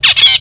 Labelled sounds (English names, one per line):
Zebra Finch distance call